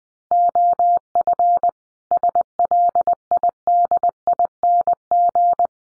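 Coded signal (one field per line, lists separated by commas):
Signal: Morse code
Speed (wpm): 20 wpm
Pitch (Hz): 700 Hz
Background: none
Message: OF SLIDING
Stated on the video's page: Morse practice sentences at 20 wpm for head-copy, each sentence sent before and after being spoken.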